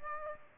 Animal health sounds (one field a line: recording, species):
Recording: mosquito wingbeat signal from an infrared sensor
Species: Aedes aegypti